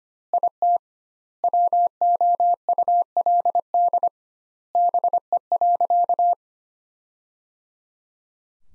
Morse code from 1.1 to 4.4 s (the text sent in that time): WOULD